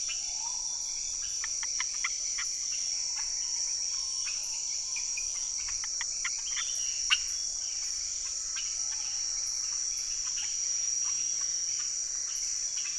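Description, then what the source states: Amphibian calls: many short sharp clicks and brief notes scattered through, over a loud steady high insect whine. Unidentified amphibians calling from the ground as rain approaches, hundreds or thousands of them; Chemin des grands arbres, Saül, French Guiana, 16 November 2006; Nagra Ares BB+ with cardioid MKH40 microphones.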